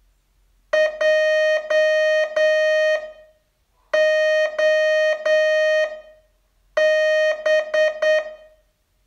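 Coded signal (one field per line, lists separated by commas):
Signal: Morse code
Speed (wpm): 9 wpm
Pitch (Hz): 620 Hz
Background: none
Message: JOB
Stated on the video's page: Morse training test, day 33 of a 42-day course.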